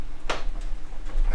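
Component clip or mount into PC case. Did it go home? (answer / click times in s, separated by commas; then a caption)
yes / 0.3 s. While building a 2008 retro gaming PC, a component part, likely a tool-less drive or bay mount, is pushed into the PC case. A single sharp click is heard at 0.3 s over low background noise. The part seats into place.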